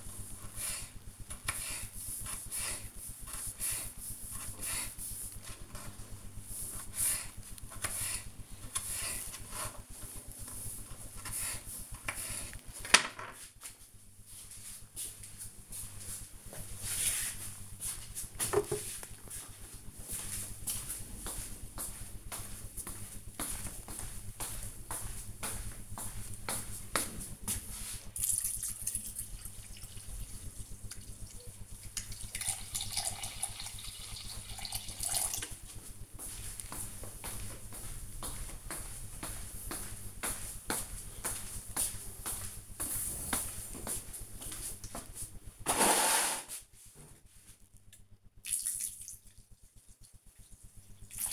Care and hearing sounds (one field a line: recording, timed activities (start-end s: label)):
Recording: household activities, microphone on the right wrist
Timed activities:
0.00-13.40 s: cutting vegetables
21.46-51.32 s: watering plant
27.49 s: note: no refill